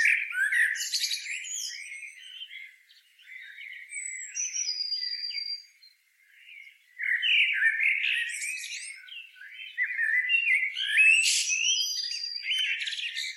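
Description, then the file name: Common blackbird song phrases, fluty notes followed by high twittery endings, with brief quiet spells between bursts. "Turdus merula"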